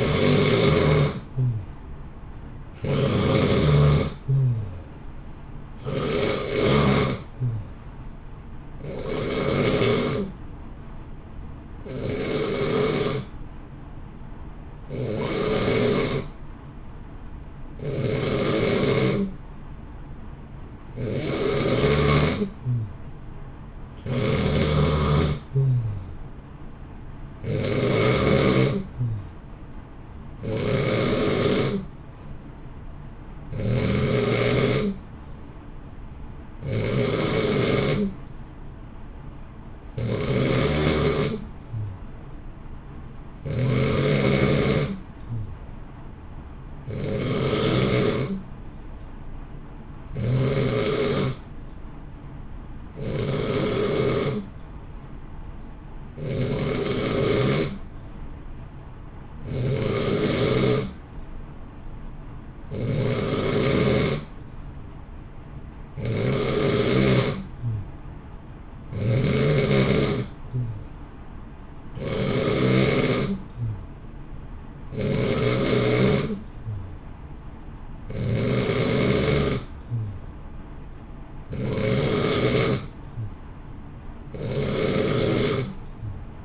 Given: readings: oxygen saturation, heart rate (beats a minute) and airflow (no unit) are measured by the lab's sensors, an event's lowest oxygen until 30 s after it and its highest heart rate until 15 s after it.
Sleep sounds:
breathing in sleep by a smartphone at the bedside; none
none scored
From the record:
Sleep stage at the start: N2 (light sleep); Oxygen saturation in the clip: 86 to 91%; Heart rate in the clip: 58 to 65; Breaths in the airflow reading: 26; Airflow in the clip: -0.9 to 1.0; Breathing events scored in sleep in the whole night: 328 in 6.3 hours asleep

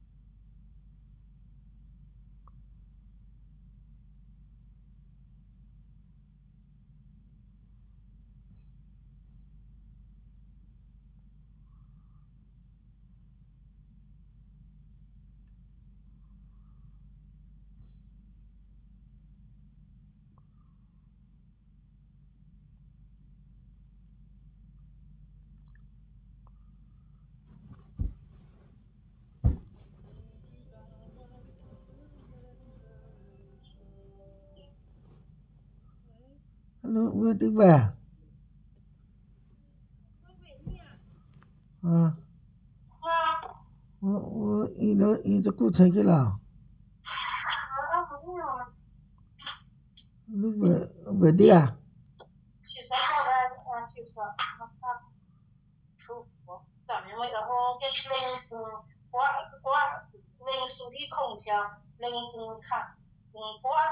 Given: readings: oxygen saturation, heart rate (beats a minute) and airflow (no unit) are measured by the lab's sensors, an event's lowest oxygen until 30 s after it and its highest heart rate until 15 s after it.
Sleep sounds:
a person awake in a sleep study, by a smartphone at the bedside; none
0.00-63.92 s: awake
From the record:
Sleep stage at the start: awake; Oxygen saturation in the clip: 93 to 95%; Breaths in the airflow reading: 13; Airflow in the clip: -5.2 to 5.2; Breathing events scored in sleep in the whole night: 270 in 6.1 hours asleep

